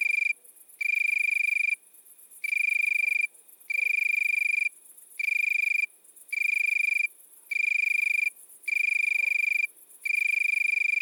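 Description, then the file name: Italian tree cricket: pure, ringing trills about one second long, spaced by half-second pauses in a regular rhythm, with a thin high insect chatter behind. Recorded at midnight at Le Puech, Cantal. "grillon-d Italie-a-minuit-Le-Puech-Cantal"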